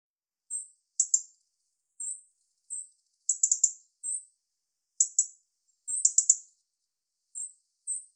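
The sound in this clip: European robin song: scattered very high, thin notes and brief twittering clusters, with irregular short gaps and no other sounds.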